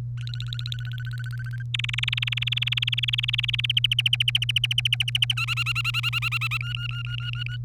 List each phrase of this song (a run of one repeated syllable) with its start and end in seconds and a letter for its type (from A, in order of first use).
0.18-1.62 A, 1.74-3.66 B, 3.69-5.34 C, 5.37-6.57 D, 6.61-7.57 E